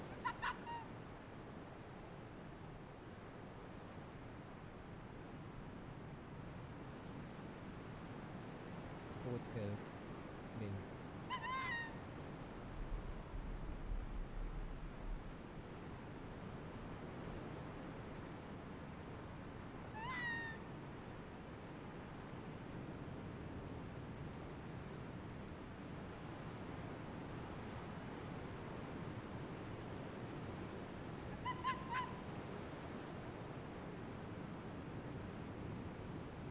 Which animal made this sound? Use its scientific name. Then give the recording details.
Vulpes lagopus. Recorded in the wild. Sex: female. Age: adult. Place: Insel Mednyi, Kommandeur-Inseln, RU. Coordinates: 54.5167, 168.083. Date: 1999-07-15. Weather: Hochnebel, 8,4°C, am Strand klare Sicht. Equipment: Sony WM-D6C, Sennheiser ME 80, Schalter I, Windkorb, Kopie Tascam DA 30. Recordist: Frommolt, Karl-Heinz